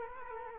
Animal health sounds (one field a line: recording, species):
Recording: mosquito wingbeat signal from an infrared sensor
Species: Culex quinquefasciatus